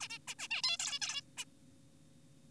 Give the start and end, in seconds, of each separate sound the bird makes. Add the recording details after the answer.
0.01-0.08, 0.10-0.18, 0.28-0.35, 0.39-0.48, 0.51-0.62, 0.64-0.77, 0.80-0.99, 1.02-1.22, 1.38-1.45. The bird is an adult. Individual g4p5U